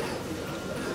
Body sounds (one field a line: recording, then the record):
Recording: coughing mixed with background sound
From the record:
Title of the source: Coughing 77